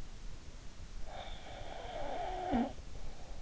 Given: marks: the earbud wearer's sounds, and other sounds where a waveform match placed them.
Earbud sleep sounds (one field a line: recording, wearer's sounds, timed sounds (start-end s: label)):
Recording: sounds in sleep by an in-ear microphone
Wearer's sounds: snoring breath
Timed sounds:
1.30-3.25 s: snoring breath